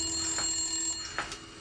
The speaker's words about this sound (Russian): Удовольствие прервал телефонный звонок.